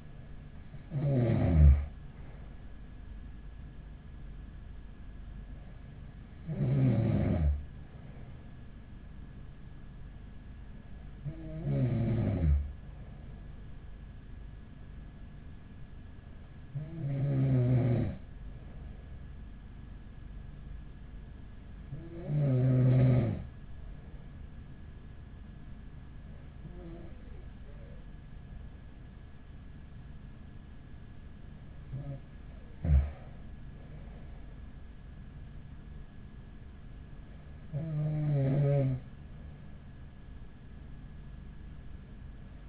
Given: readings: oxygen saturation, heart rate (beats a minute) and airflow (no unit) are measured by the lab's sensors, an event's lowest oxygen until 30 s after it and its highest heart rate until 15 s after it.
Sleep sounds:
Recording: breathing in sleep by a smartphone at the bedside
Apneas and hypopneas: none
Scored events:
none scored
From the record:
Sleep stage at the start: N2 (light sleep)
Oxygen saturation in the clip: 94 to 95%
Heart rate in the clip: 41 to 44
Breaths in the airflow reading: 8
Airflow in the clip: -6.3 to 8.2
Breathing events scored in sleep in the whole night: 207 in 7.6 hours asleep

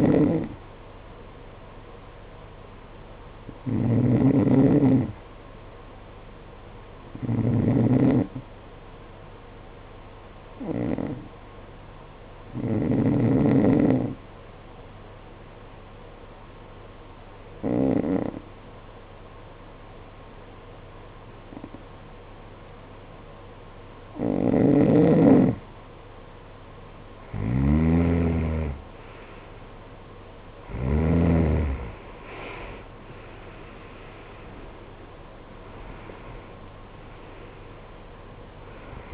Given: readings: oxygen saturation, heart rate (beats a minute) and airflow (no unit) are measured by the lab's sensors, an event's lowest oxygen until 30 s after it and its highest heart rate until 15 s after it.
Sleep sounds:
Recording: breathing in sleep by a voice recorder at the bedside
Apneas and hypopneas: 1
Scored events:
8.00-28.20 s: hypopnea (N2, oxygen 93% highest, then 89% lowest, heart rate 52 at the start, 74 highest)
20.00-39.13 s: new sleep stage, N1 (lightest sleep)
From the record:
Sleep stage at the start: N2 (light sleep)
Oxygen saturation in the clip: 90 to 93%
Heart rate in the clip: 52 to 74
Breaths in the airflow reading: 8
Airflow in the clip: -15.4 to 13.2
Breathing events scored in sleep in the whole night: 476 in 9.7 hours asleep

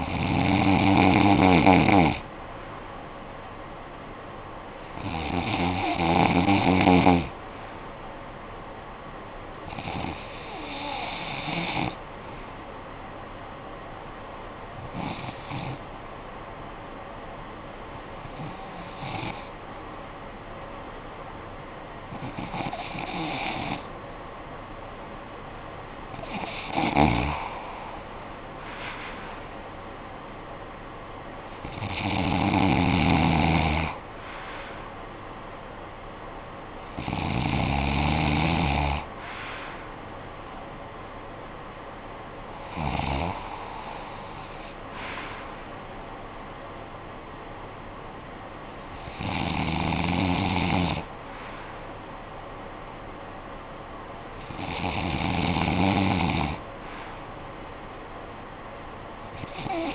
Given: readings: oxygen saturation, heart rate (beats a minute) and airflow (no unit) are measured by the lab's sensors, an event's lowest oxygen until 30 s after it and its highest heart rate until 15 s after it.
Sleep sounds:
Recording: breathing in sleep by a voice recorder at the bedside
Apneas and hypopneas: 1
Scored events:
15.00-25.20 s: hypopnea (N2, oxygen 93% highest, then 90% lowest, heart rate 60 at the start, 63 highest)
41.00-59.95 s: new sleep stage, REM sleep
From the record:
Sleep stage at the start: N2 (light sleep)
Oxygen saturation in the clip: 90 to 95%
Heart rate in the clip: 52 to 69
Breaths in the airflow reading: 12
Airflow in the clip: -14.1 to 11.2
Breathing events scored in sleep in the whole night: 445 in 7.6 hours asleep

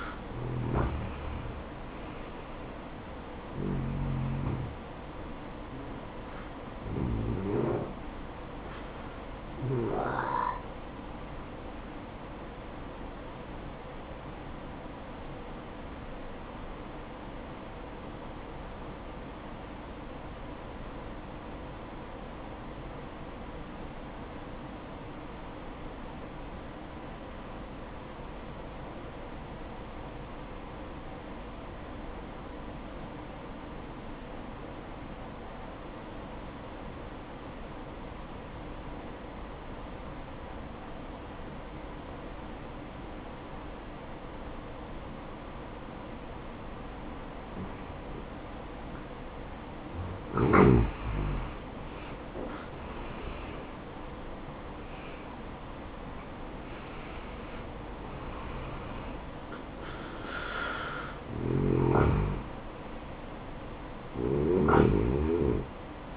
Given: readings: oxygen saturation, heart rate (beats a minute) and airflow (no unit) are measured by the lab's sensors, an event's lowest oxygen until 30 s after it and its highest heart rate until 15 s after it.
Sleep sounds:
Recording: breathing in sleep by a voice recorder at the bedside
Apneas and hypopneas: 1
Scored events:
14.00-57.90 s: obstructive apnea (N1, oxygen 96% highest, then 85% lowest, heart rate 64 at the start, 75 highest)
22.00-52.00 s: new sleep stage, N2 (light sleep)
52.00-66.17 s: new sleep stage, N1 (lightest sleep)
From the record:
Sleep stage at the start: N1 (lightest sleep)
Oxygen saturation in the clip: 84 to 96%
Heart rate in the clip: 57 to 75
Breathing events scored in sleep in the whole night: 573 in 9.8 hours asleep

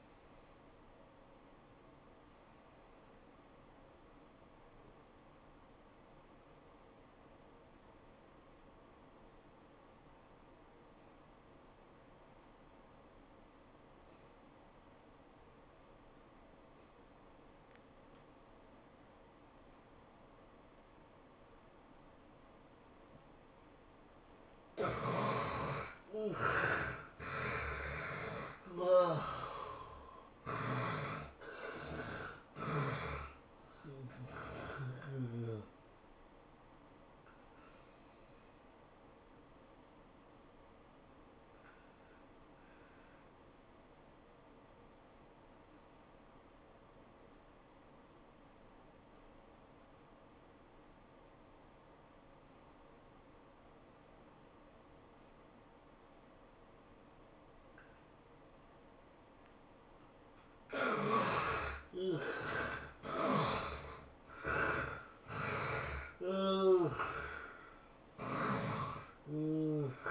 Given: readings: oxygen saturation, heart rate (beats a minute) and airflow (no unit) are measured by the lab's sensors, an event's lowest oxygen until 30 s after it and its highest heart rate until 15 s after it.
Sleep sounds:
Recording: breathing in sleep by a voice recorder at the bedside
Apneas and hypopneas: 2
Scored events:
6.00-25.30 s: obstructive apnea (N1, oxygen 96% highest, then 69% lowest, heart rate 89 at the start, 107 highest)
45.00-60.30 s: obstructive apnea (N1, oxygen 91% highest, then 73% lowest, heart rate 90 at the start, 105 highest)
From the record:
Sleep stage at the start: N1 (lightest sleep)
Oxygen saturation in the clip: 69 to 96%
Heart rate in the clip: 77 to 107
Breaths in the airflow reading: 9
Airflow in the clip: -15.5 to 11.5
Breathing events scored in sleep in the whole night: 403 in 5.5 hours asleep

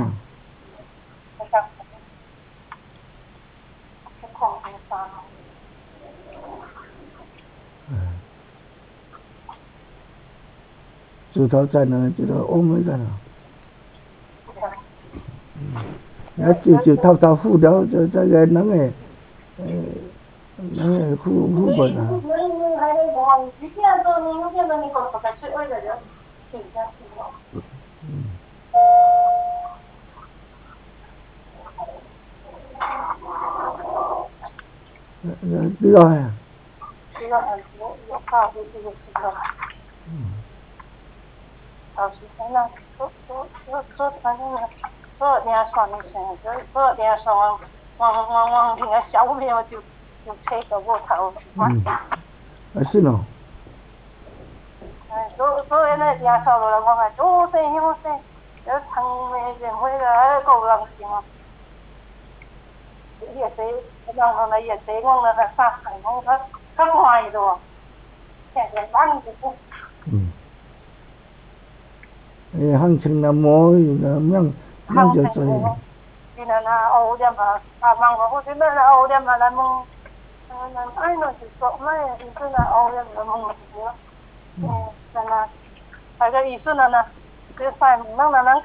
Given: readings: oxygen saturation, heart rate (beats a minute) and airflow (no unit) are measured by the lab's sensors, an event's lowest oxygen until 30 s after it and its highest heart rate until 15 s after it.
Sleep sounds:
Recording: a person awake in a sleep study, by a voice recorder at the bedside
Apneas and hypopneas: none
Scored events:
0.00-88.64 s: awake
From the record:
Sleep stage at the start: awake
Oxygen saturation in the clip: 93 to 95%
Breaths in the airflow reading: 21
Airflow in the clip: -8.7 to 6.9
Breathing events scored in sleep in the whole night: 270 in 6.1 hours asleep

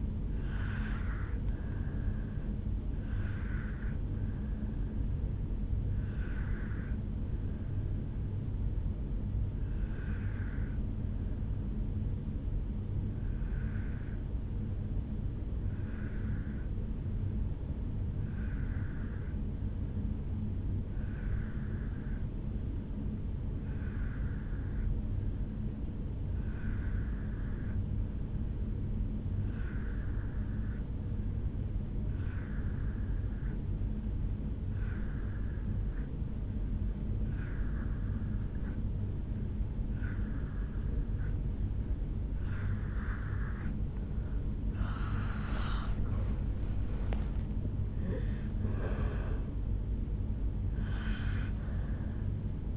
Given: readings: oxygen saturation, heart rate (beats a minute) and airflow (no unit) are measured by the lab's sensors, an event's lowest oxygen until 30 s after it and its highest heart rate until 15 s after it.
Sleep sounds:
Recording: breathing in sleep by a smartphone at the bedside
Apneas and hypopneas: 1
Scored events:
6.00-46.40 s: obstructive apnea (N2, oxygen 96% highest, then 84% lowest, heart rate 61 at the start, 76 highest)
From the record:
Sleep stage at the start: N2 (light sleep)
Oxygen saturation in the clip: 83 to 96%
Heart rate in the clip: 53 to 77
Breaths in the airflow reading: 3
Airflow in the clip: -12.2 to 8.1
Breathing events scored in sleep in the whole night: 449 in 7.0 hours asleep

